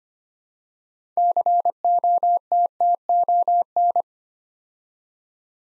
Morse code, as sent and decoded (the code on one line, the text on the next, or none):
-.-. --- - - --- -.
COTTON